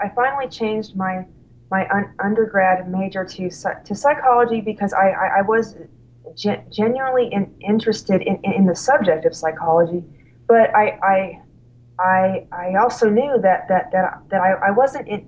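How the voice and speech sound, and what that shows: An adult woman who started college with a severe stutter speaks in bursts, with repeated part-words and whole words such as "un-un-undergrad," "I-I-I," "ge-genuinely" and "that-that-that," plus a prolonged "I" and frequent pauses. These repetitions, prolongations and breaks are typical of stuttering.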